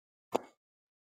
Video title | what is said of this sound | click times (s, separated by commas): Hitung pajak, markup, dan total otomatis - Canon MP1200-FTS Printing Calculator | Oke, sudah mengunci dengan sempurna. | 0.4 s